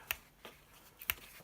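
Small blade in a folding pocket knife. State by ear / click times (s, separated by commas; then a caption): seated / 0.1 s, 1.1 s. The small blade of a folding pocket knife is worked and snaps into place against its backspring, with sharp, bright clicks at 0.1 s and 1.1 s and softer ticks from the blade moving in between. The snap on the small blade is judged reasonable.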